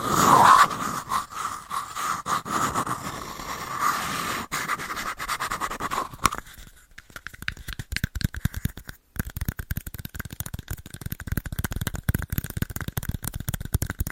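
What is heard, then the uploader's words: Hand sounds: for the first six seconds a dense, rough scratching with a steady hiss and a faint tonal ring, then a brief pause. After that come quick, irregular taps and light scratches, sharp and crisp, continuing to the end. ASMR Biggest Trigger Assortment (Tapping, Scratching, Hand Sounds,…) No Talking.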